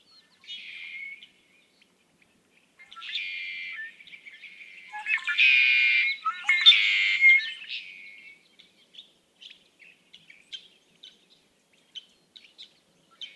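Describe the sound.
Red-winged blackbird song: a few buzzy trilled phrases building louder, then a string of short, soft chip notes trailing off.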